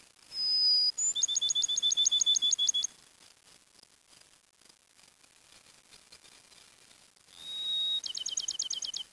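Songbird sings a short high whistle, then a rapid, regular trill of sharp notes; after a pause, another whistle and trill phrase follows.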